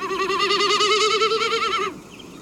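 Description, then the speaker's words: Snipe warble: a sustained tone that wavers rapidly up and down for about two seconds, then stops abruptly. A decidedly spooky warble. "Next, a snipe produces a decidedly spooky warble that would sound right at home in an episode of Scooby-Doo."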